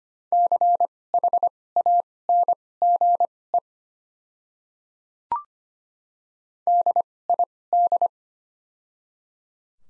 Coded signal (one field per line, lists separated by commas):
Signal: Morse code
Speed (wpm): 25 wpm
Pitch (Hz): 700 Hz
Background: none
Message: CHANGE DID